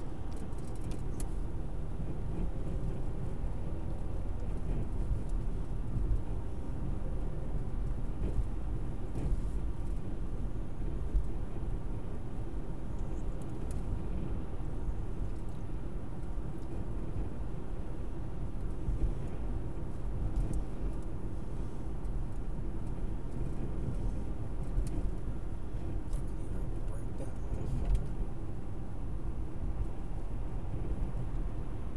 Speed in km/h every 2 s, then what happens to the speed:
58, 61, 63, 63, 61, 61, 61, 61, 61, 61, 60, 60, 58, 60, 60, 61.
0-32 steady at about 61.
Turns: none.